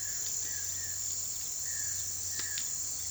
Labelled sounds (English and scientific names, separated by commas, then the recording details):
none
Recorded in pastures near Puerto Asís, Putumayo, Colombia, on 21 March 2025 at 17:30
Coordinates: 0.487, -76.322
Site G077